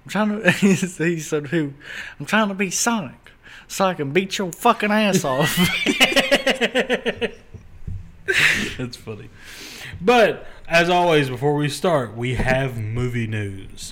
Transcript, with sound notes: I'm trying to, he said, "Who? "I'm trying to be Sonic, "so I can beat your fucking ass off." (both laughing) It's funny. But as always, before we start, we have movie news.